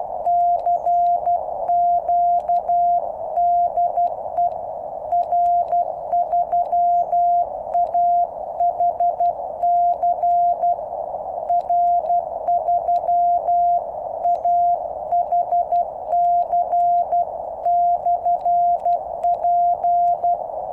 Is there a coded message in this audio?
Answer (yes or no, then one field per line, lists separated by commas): yes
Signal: Morse code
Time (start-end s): 0.3-20.4 s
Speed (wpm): 12 wpm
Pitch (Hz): 700 Hz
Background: none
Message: CQ DE R3AHC R3AHC/P